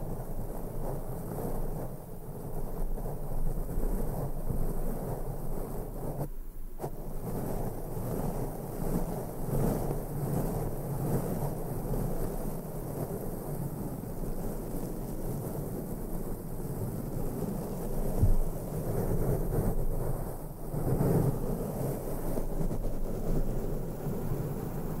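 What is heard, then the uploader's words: Continuous, dense brushing against the microphone makes a heavy, muffled, rumbling scrape, fairly steady throughout with a brief pause near six seconds. ASMR INTENSE MIC BRUSHING NO TALKING, ASMR BRUSHING SOUNDS, BRUSH MICROPHONE ASMR.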